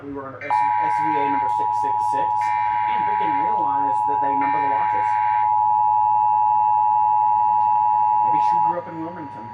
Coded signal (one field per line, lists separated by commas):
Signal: Emergency Alert System (SAME) tones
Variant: 853 and 960 Hz attention tone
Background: speech